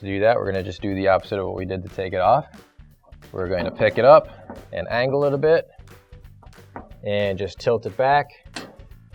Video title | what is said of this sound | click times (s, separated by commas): LA1003 - Replacing Your Maytag Dryer's Door Catch - AP4242465 | you hear both of those clips snap into place then | 8.6 s